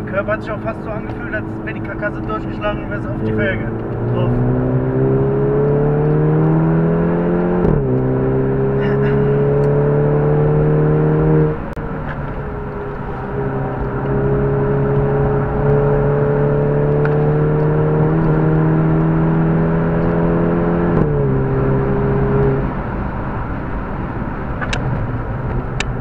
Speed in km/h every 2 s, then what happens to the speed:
68, 69, 90, 113, 129, 141, 121, 123, 136, 148, 161, 162, 138.
2-9 speeds up to 141. 9-12 slows to 121. 12-20 speeds up to 161. 20-26 brakes to 138.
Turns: 0-5.